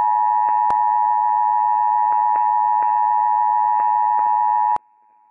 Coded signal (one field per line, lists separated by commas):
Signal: Emergency Alert System (SAME) tones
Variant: 853 and 960 Hz attention tone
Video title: Washington State EOC Made an Oops - RMT + RWT - WWF56 - EAS #224-225 - 11:00 AM/11:03 AM PDT 3/22/22